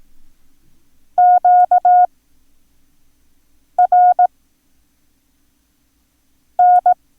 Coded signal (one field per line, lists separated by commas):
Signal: Morse code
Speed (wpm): 18 wpm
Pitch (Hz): 720 Hz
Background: none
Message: QRN